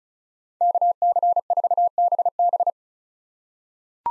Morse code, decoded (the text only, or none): KC4BB